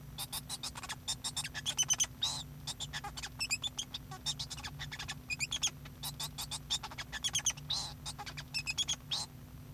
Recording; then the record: song of a male Bengalese finch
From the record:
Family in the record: son of father 2